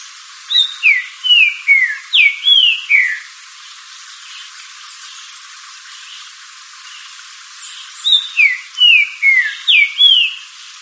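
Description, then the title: Green-winged saltator song: a phrase of about eight loud, downslurred whistles, repeated after a pause of several seconds. "Trinca Ferro Cantando"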